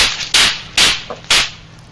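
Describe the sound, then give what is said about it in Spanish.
Three sharp, loud pops of bubble wrap burst at a steady pace, each a crisp crack that fades quickly over a constant hiss of background noise. “El plástico de burbujitas.”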